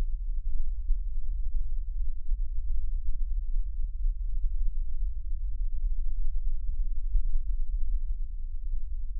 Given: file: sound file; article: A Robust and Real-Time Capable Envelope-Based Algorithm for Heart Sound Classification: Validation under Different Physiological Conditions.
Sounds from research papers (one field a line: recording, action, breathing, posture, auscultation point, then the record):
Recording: heart sounds by electronic stethoscope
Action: rest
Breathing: normal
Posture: sitting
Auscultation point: centre of the back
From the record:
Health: healthy, no known heart disease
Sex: male